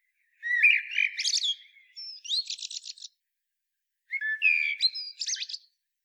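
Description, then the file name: Common blackbird delivering two song phrases, each a low fluted warble ending in a rapid, high buzzy twitter. "Turdus merula"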